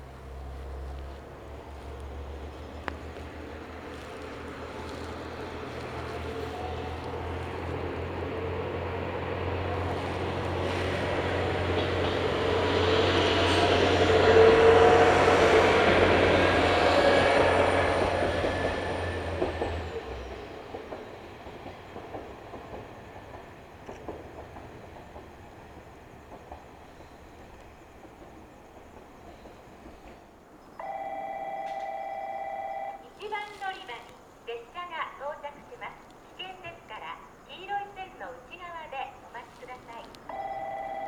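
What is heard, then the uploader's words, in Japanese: A train rumbles past for the first twenty seconds, a steady low drone swelling to a loud peak around fifteen seconds before cutting off. Quieter murmuring follows, then from about thirty seconds a station chime or announcement tones ring out with bursts of speech. 唐津線・長崎本線 佐賀→久保田→肥前山口。次の列車がくるまでに特急が抜いていったり反対側にも電車がきたりしているとまたまた2両編成の817系がやってきます。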